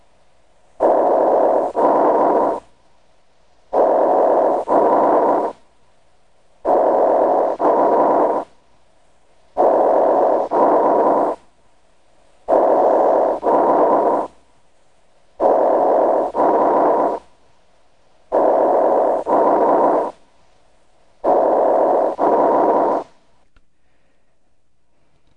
Sounds are heard over an area of atelectasis when the bronchus is patent. These sounds are high-pitched and have the hollow or tubular quality of normal central airway breath sounds. They are audible throughout inspiration and expiration and can be heard equally well with either the bell or diaphragm of the stethoscope. Bronchial breath sounds over an area of atelectasis sound like this.